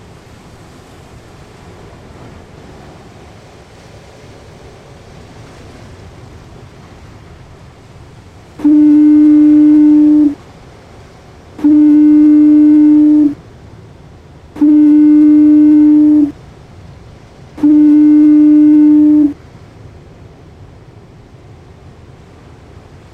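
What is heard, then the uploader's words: A lighthouse foghorn sounds four times, each blast a steady low tone lasting just under two seconds, spaced about three seconds apart, starting near nine seconds in. Between and around the blasts a soft, constant wash of wind or sea fills the background. Lighthouses Voices: Ireland - Fastnet Rock Lighthouse. Background sound "Ocean Surf Along the Coast of Maine" by be-steele. Generated sound of Fastnet Rock foghorn in Audacity.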